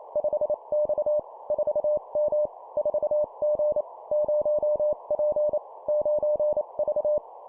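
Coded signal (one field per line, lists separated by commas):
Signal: Morse code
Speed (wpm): 28 wpm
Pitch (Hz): 600 Hz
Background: none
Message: 5X 4M 4G 0P 9V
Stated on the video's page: Morse code practice at 25 WPM, two-letter words and numbers.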